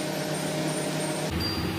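A hard disk is being slid into a tool-less drive bay of a PC cabinet, but nothing has seated or clicked yet. A steady, faint broadband hiss with low hum runs throughout, with no sharp transients. At about 1.3 s the background shifts to a slightly different tone.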